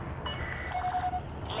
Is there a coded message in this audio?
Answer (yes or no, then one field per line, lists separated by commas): no